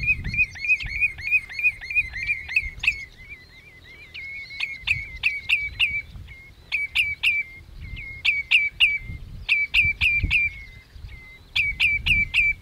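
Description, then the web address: Spotted redshank calls: sharp, clipped notes in quick bursts of several, with pauses between bursts and a low background rumble. "sound Spotted-Redshank. صدای-آبچلیک-خالدار"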